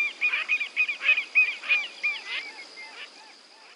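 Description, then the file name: Yellow-billed pintail calls: a quick, busy mix of short whistles and nasal, rasping notes, several birds overlapping, fading out toward the end. "Canto da Marreca parda"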